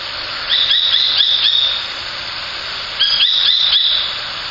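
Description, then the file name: Japanese sparrowhawk calling in two rapid series of sharp, high notes, over a steady high hiss. "ツミ 1505311608 遠藤"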